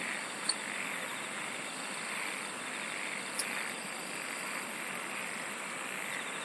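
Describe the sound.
Insects singing: a steady high whine runs throughout, with a rapid pulsed trill from about three and a half seconds to the end over a soft hiss.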